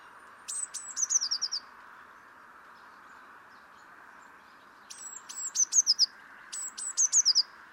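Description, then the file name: Eurasian blue tit: high thin notes followed by a quick descending series, in three phrases, the first set apart by a pause, over a steady background hum. "Cyanistes caeruleus"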